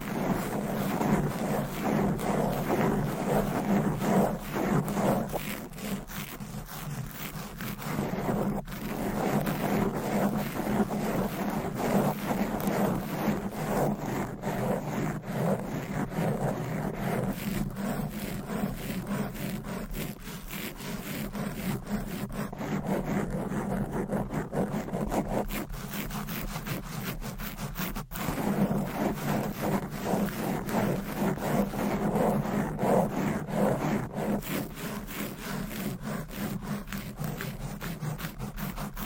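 Fast, aggressive tapping and scratching with nails on items, a dense unbroken run of quick raspy strokes and clicks. The texture shifts between brighter, busier scraping and duller rubbing passages, with brief softer dips near 6 and 20 seconds.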